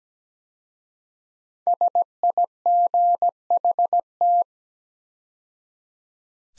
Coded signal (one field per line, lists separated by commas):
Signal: Morse code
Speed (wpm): 17 wpm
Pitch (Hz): 700 Hz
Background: none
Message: SIGHT